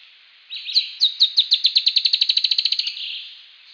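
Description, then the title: Dusky-tailed antbird song, a quickening series of thin, high, clipped notes over roughly two seconds, trailing into a soft buzzy fade. "LuckyPassaro Completos2Sama. Dusky-tailed Antbird (Drymophila malura)"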